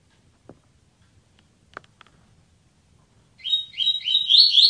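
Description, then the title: Double-collared seedeater starting a rapid phrase of high, slurred chirps after a few soft knocks and clicks. "Canto Coleiro"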